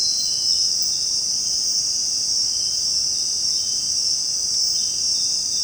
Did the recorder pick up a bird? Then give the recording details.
no. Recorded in dense forest near Puerto Asís, Putumayo, Colombia, on 23 June 2025 at 18:30. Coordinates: 0.499, -76.324. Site G100